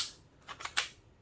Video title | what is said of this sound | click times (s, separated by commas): Fixing FSC/PepperBall carbines. Milsig o-ring change | So, did you hear it click? All right, so that meant it's set. | 0.8 s